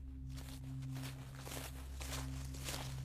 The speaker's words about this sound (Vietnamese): Rồi đột nhiên ông nghe có tiếng người đi sột soạt ở ngoài kia.